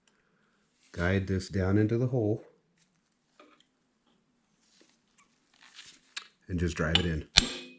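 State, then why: Not seated. A new diesel injector cup for a 7.3 Powerstroke is guided down into its bore in the cylinder head and driven in with an installation tool and hammer. Someone talks, then quiet light taps and a sharp tap at about 6.2 s lead into a louder strike near the end. The cup has not seated yet.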